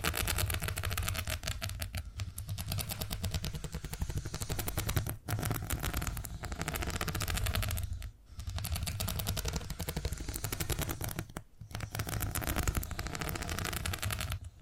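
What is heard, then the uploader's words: A cat purrs steadily, a rapid, evenly pulsed rattle with a strong low rumble beneath a fizzy upper layer. The purr runs continuously, pausing briefly around 2, 5, 8 and 11.5 seconds, as if for breaths, before resuming at the same level. Purring Triggers.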